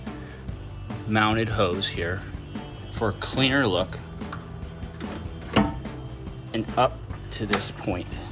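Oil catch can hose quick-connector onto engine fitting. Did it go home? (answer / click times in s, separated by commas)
no / none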